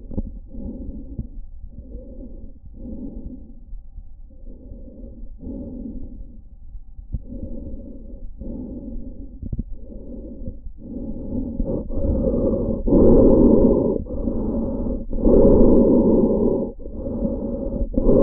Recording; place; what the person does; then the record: lung sounds by stethoscope; trachea; quiet breathing, then deep breathing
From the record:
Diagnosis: COPD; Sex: male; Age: 59 years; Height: 175 cm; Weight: 73 kg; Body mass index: 23.8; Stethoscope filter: diaphragm mode